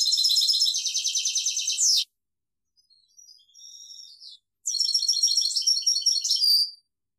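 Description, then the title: European goldfinch song: two bursts of fast liquid twittering and buzzy trills, separated by a short gap with soft thin notes. "Chant Chardonneret"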